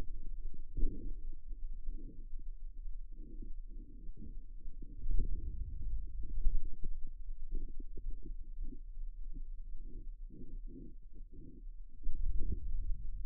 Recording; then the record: forearm muscle sounds (acoustic myography)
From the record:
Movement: inward rotation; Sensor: system 2, bracelet of six BSWA MPA416 microphones around the upper forearm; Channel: 4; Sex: male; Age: 22 years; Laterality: right